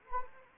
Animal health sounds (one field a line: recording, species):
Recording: mosquito wingbeat signal from an infrared sensor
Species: Anopheles arabiensis